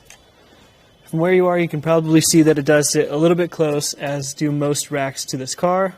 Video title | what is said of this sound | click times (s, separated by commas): etrailer - Does the RockyMounts MonoRail Bike Rack for 2 Bikes Suit Your 2023 Tesla Model Y | we can fold the rack up again it will click into place and now we can get a couple new measurements | 0.1 s